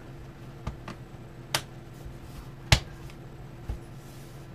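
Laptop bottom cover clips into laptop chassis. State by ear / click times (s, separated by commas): seated / 1.5 s, 2.7 s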